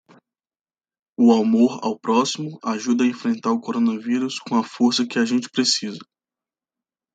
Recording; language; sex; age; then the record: spoken sentence; Brazilian Portuguese; male; 30 to 39 years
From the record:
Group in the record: control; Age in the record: 30 years